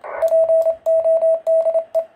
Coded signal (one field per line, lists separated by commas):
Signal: Morse code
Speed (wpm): 27 wpm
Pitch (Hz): 650 Hz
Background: radio noise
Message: PODE